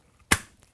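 A pistol is dropped into an MCK Gen 2 carbine conversion chassis and slammed home, making one loud, sharp click at 0.3 s that rings out briefly in otherwise quiet surroundings. The pistol is seated in the chassis.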